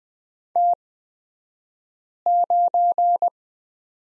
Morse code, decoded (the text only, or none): T9